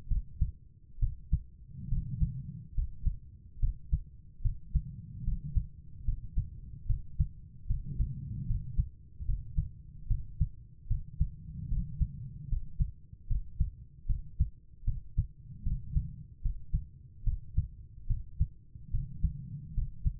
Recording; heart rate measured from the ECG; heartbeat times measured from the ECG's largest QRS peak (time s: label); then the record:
heart sounds by stethoscope; 73 bpm
0.07 s: heartbeat
0.99 s: heartbeat
1.88 s: heartbeat
2.74 s: heartbeat
3.59 s: heartbeat
4.41 s: heartbeat
5.23 s: heartbeat
6.04 s: heartbeat
6.86 s: heartbeat
7.66 s: heartbeat
8.46 s: heartbeat
9.25 s: heartbeat
10.07 s: heartbeat
10.87 s: heartbeat
11.68 s: heartbeat
12.48 s: heartbeat
13.27 s: heartbeat
14.06 s: heartbeat
14.84 s: heartbeat
15.62 s: heartbeat
16.41 s: heartbeat
17.23 s: heartbeat
18.06 s: heartbeat
18.90 s: heartbeat
19.73 s: heartbeat
From the record:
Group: healthy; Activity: rest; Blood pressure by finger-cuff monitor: 106/76 mmHg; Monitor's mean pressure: 87 mmHg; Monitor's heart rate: 73 bpm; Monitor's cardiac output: 5.3 L/min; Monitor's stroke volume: 74 mL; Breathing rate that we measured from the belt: 18 breaths a minute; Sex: female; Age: 32 years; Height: 172 cm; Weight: 71.7 kg